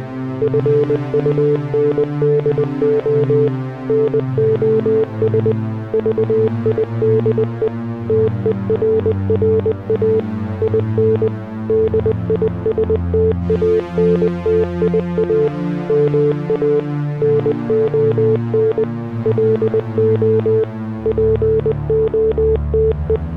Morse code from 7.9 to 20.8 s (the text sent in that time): TERRA IN DISTANTIA MA NON LO